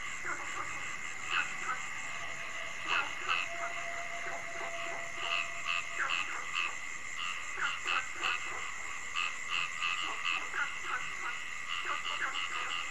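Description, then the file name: Frogs calling in a dense chorus of bright repeated, overlapping croaks and clicks over a steady high hum. Frogs calling at night. "Tieng Ech Nhai keu ban dem"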